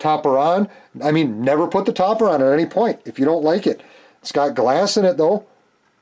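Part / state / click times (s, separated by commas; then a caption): plastic topper onto the bed of a scale model pickup / not seated / none. Someone talks while handling the plastic bed topper (camper shell), which has glass in it, for a 1/24 scale model kit of a 1982 Nissan 720 Datsun custom pickup truck, bringing it to the truck bed. No click is heard, and the topper has not yet popped into place on the bed.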